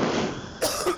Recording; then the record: coughing mixed with background sound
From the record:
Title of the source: Coughing 79